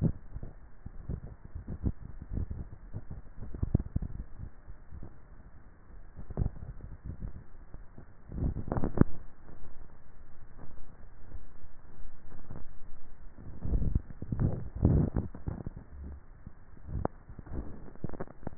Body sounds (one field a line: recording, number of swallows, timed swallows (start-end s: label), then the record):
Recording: swallowing sounds by neck microphone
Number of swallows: 3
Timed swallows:
3.48-4.15 s: swallow
6.28-6.52 s: swallow
10.62-11.32 s: swallow
From the record:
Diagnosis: dysphagia